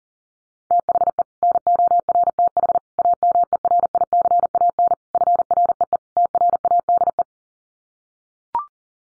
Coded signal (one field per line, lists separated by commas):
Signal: Morse code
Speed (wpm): 40 wpm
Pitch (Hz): 700 Hz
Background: none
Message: THE NORTH AMERICAN FREE TRADE